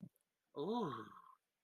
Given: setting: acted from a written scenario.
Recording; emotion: vocal sound without words; contentment